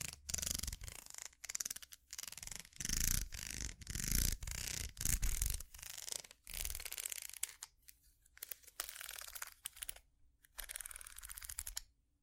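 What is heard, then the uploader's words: Scratching across a ridged surface, heard as bursts of rapid, dense raspy clicks separated by brief silences. The strokes are heavy and full through the first six seconds, then turn lighter, thinner and more broken, with a faint low hum underneath. ASMR Scratching Ridges For Tingles （No Talking）.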